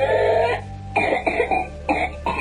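A child's long, high-pitched whooping breath followed by about five quick harsh coughs, the paroxysm typical of whooping cough (pertussis). This whooping quality appears about a week after the illness begins with mild cough, sneezing and runny nose, like a common cold.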